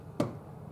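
After its door lock actuator is replaced, a 2016 CX-5 car door is closed slowly so its latch engages the striker on the body. A sharp click at 0.2 s marks the first of the two latch stages, the half-latched position, followed by a much fainter tick near 0.7 s. The door is only partly latched here, with the full second stage not yet confirmed.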